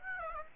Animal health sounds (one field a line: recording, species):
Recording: mosquito wingbeat signal from an infrared sensor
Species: Aedes aegypti